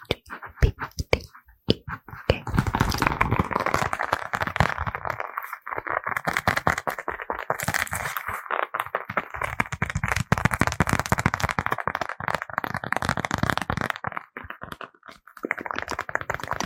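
Fast, aggressive ASMR with mouth sounds: dense, rapid crackling taps and scratches, bright and busy, with brief pauses near two and fifteen seconds.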